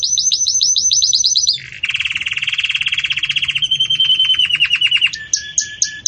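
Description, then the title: Belgian canary song: a rapid high trill, then a long buzzy rattle shifting to a whistled roll, ending with short clipped notes. Belgian canary song in the campainha (bell) style, used for training young chicks to sing. "Canto Do Canário Belga Campainha Para Encarte De Filhotes"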